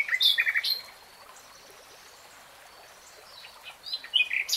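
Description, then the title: Nightingale song: short bursts of varied chirps and whistles at the start and end, with a quiet gap between, over steady hiss. Nightingale singing, in a 3-hour real-time recording. "[Tiếng chim hót] 3 Hours REALTIME Nightingale Singing"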